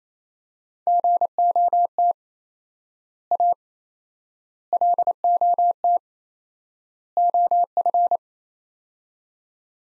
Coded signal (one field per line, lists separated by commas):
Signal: Morse code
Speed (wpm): 27 wpm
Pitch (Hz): 700 Hz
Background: none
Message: GOT A LOT OF